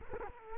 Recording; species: mosquito wingbeat signal from an infrared sensor; Culex quinquefasciatus